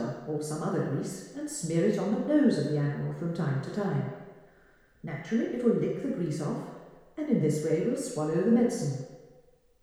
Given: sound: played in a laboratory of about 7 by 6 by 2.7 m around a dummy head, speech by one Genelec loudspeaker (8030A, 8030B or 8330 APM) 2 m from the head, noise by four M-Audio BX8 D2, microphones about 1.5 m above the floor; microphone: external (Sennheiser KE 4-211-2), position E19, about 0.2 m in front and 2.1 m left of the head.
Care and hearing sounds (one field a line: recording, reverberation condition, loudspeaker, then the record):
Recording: female speech in English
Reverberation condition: high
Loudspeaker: 60 degrees to the left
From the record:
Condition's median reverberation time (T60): about 1300 ms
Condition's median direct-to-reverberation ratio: about -4.0 dB